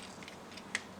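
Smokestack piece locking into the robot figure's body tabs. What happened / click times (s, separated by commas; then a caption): The plastic latch snapped into place / 0.8 s. On a plastic transforming-robot figure, the side smokestack is pulled up and its two locking points, top and bottom, are pressed closed into the body tabs. Two faint ticks come at 0.2 and 0.3 seconds, then one sharp plastic click at 0.8 seconds as the smokestack latches lock in place.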